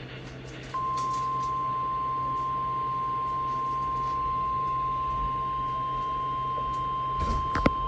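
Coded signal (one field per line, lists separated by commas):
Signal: Emergency Alert System (SAME) tones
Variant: 1050 Hz attention tone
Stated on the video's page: Required Weekly Test relayed on NOAA Weather Radio transmitters WXL46 and KJY82.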